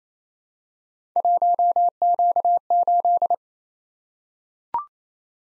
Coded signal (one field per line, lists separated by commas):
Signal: Morse code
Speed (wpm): 27 wpm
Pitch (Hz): 700 Hz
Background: none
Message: 1Q8